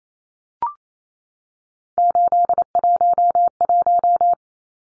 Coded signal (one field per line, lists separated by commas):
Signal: Morse code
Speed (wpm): 28 wpm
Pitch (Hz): 700 Hz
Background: none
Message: 811